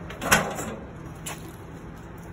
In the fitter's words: they do fold up and they lock into place just like this